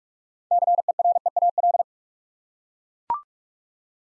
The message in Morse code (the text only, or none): CEREAL